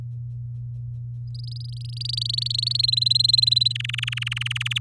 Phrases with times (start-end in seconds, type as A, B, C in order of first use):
1.34-2.81 A, 2.83-3.73 B, 3.75-4.78 C